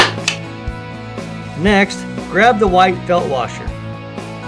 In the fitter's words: until you hear a snap